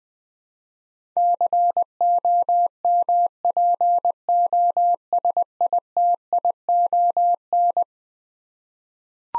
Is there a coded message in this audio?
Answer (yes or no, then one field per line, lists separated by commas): yes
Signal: Morse code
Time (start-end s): 1.2-7.8 s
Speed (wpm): 20 wpm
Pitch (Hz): 700 Hz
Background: none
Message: COMPOSITION